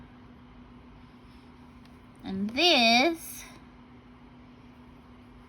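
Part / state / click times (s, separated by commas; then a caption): plastic building brick onto flower assembly / not seated / none. A plastic building brick is held up and lined up on a flower assembly before being snapped on, over a steady low hum with a faint tick near 1.9 s. Someone talks briefly from about 2.3 to 3.2 s. Nothing has snapped or clicked into place yet.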